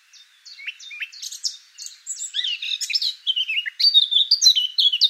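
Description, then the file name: Eurasian blackcap singing: scratchy, jumbled notes that grow steadily louder and shift into clearer, fluty slurred whistles toward the close. "Sylvia atricapilla"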